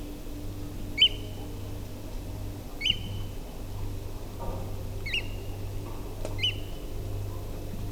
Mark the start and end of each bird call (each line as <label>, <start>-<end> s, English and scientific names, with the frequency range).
Eurasian Oystercatcher (Haematopus ostralegus) (1.8-9.5 kHz), 0.98-1.09 s
Eurasian Oystercatcher (Haematopus ostralegus) (1.8-9.5 kHz), 2.81-2.94 s
Eurasian Oystercatcher (Haematopus ostralegus) (1.7-9.9 kHz), 5.06-5.21 s
Eurasian Oystercatcher (Haematopus ostralegus) (1.6-9.3 kHz), 6.38-6.52 s